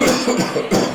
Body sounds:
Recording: coughing mixed with background sound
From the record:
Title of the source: Spring Cold Coughing 3

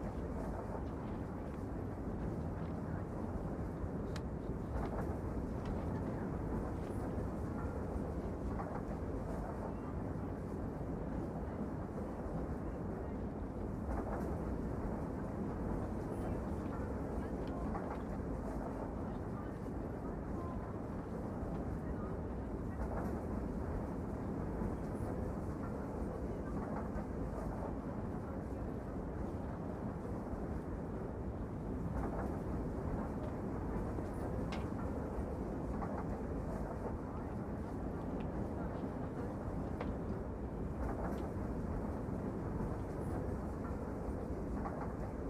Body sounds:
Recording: background sound without coughing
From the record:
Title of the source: Train Ride Ambience ambient white noise for sleeping, focus, studying, reading

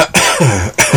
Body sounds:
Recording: coughing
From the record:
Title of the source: Dry Coughing Fit in the Afternoon.

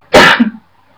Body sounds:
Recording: coughing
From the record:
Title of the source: Barking cough - # 10

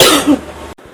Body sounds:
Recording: coughing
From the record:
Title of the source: 34 coughing up crap again

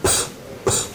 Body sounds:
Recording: coughing mixed with background sound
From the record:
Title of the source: Mid-morning Winter Coughing Fit

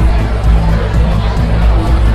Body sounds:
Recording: background sound without coughing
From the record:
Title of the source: Party Noise 1 Hour Party Ambience

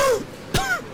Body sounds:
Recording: coughing mixed with background sound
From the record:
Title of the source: Coughing 51

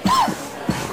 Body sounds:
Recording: coughing mixed with background sound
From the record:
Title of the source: Spring Allergy Coughing

